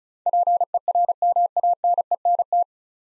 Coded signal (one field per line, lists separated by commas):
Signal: Morse code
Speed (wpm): 36 wpm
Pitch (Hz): 700 Hz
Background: none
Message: PERMANENT